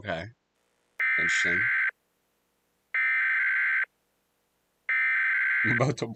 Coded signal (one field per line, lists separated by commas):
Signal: Emergency Alert System (SAME) tones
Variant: header bursts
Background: speech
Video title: watching EAS scenarios and hanging out join plz part 2 (part 1 of part 2)